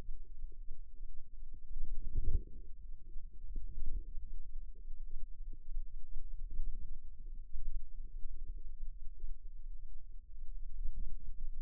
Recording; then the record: forearm muscle sounds (acoustic myography)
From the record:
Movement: wrist flexion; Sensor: system 2, bracelet of six BSWA MPA416 microphones around the upper forearm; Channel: 1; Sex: female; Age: 22 years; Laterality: right